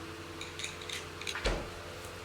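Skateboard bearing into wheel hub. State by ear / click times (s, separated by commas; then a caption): seated / 0.6 s, 1.3 s. A metal skateboard bearing is pressed into a urethane wheel by pushing the wheel, mounted on the truck axle, down against a flat surface. Short, hard knocks are heard, with clicks at 0.6 s and 1.3 s. The bearing ends up seated and locked into place.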